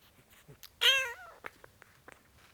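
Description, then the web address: Cat: kitten giving a single high, clear meow, with faint soft rustles before and after. Four-week-old kitten, meowing. "BBC Sound Effects Library (Cats) Four Week Old Kitten, Meowing"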